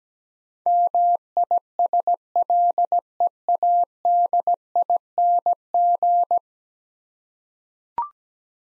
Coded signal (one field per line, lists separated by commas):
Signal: Morse code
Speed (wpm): 17 wpm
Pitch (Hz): 700 Hz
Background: none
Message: MISLEADING